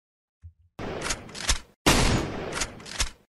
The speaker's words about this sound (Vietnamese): Lúc này thì ngón tay của Hoàng Hải Lâm vẫn còn đặt trên cò súng. Thấy có người ra tay với mình, theo bản năng liền bóp cò.